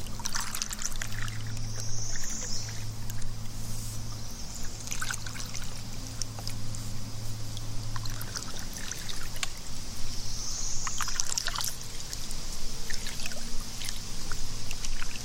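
Kayaking on open water, with paddle splashes and trickling drips breaking the surface every second or so. A low steady hum runs underneath, swelling between about one and eight seconds. Bright chirps sweep up high near two and ten seconds, and faint birds call throughout.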